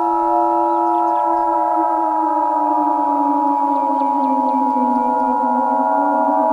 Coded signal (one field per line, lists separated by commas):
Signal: Emergency Alert System (SAME) tones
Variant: 853 and 960 Hz attention tone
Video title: Nuclear Attack 3: Our Worst Luck Yet... (EAS St. Patrick's Day Special)